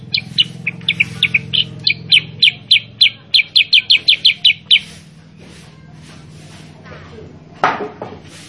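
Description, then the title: Sooty-headed bulbul delivering a fast run of some twenty sharp high chirps over five seconds, then a pause with one brief rasping sound, low hum beneath. Caged-bird training (masteran) recording of a persistently singing, 'super gacor' sooty-headed bulbul, meant to get other kept birds to answer and copy its song. "Masteran Kutilang Sutra. Kutilang Sutra mana YANG GAK NYAUT dan IKUT BUNYI GACOR dengan suara Kutilang Sutra Super GACOR Ini"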